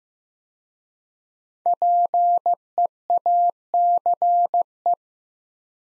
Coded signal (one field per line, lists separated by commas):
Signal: Morse code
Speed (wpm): 15 wpm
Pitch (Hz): 700 Hz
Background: none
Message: PEACE